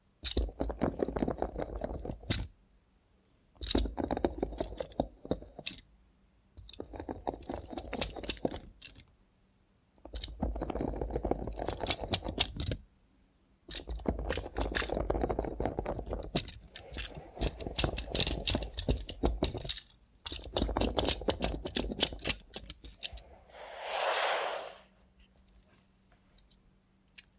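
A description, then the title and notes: Bursts of mechanical robot hand movement come in roughly two- to three-second runs separated by brief silences, each a dense whir with rapid clicking and tapping on top. A steady low hum sits underneath, and near the end a short bright hiss rises. Try ASMR with a Robot Hand (No Talking).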